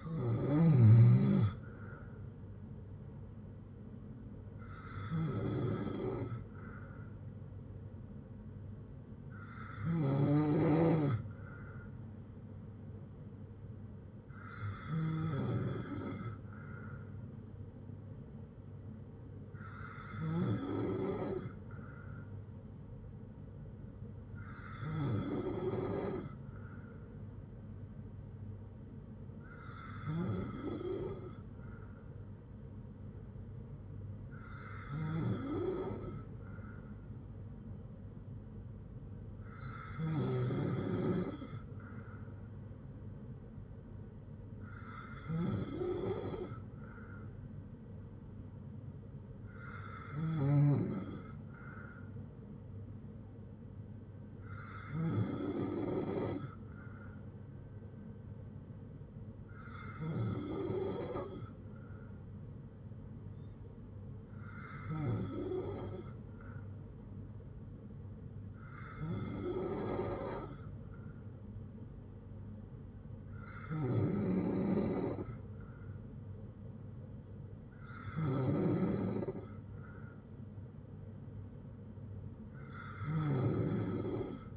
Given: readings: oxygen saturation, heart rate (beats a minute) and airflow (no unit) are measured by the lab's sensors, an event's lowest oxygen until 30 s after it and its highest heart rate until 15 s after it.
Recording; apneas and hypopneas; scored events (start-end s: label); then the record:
breathing in sleep by a smartphone at the bedside; none
35.00-65.00 s: new sleep stage, N2 (light sleep)
65.00-84.57 s: new sleep stage, N3 (deep sleep)
From the record:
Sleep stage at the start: N3 (deep sleep); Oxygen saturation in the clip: 94 to 95%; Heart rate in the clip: 56 to 77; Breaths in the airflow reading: 17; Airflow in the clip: -5.6 to 5.0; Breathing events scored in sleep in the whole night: 182 in 7.4 hours asleep